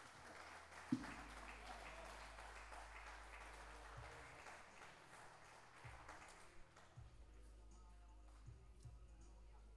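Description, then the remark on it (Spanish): A crowd applauds steadily in a dense wash of clapping that lasts several seconds, then thins out and fades, leaving a low background hum; the applause welcomes a man called forward at the I Encuentro Pluricultural Pueblo de las Lenguas Vivas in Salta. “Fuerte el aplauso, por favor, para él.”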